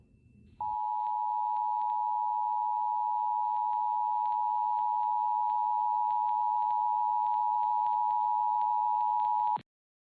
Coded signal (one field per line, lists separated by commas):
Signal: Emergency Alert System (SAME) tones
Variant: 853 and 960 Hz attention tone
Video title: EAS Scenario #4 The 450 MPH Tornado